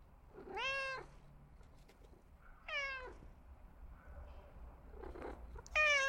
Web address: il suono di un gatto che richiede attenzione